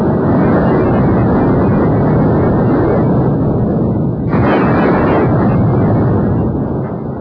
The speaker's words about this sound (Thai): เสียงฟ้าร้องฟ้าลั่นสะท้านสะเทือนไปทั่วพื้นดินเสมือนเทวดาฟ้าดินจะรับรู้ในมหาทานครั้งนี้